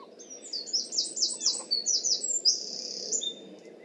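Bird song of rapid high chirped notes, a fast run of repeated downslurred syllables followed by a longer thin whistle, over a low steady background hum.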